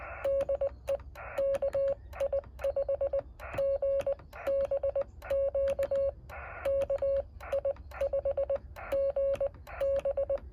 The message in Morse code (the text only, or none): DE KI5GBQ KI5GB